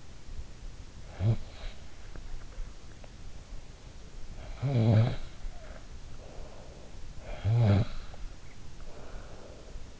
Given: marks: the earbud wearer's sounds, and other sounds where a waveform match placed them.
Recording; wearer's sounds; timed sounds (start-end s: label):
sounds in sleep by an in-ear microphone; snoring breath
1.06-1.71 s: snoring breath
4.27-7.04 s: snoring breath
7.27-10.00 s: snoring breath